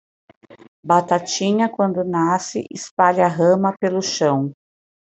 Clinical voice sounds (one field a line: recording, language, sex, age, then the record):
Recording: short text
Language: Brazilian Portuguese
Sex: female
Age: 40 to 49 years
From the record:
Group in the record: control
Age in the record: 48 years